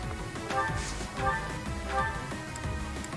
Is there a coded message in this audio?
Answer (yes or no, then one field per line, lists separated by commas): no